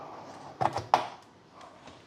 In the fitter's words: Nice little click action in there.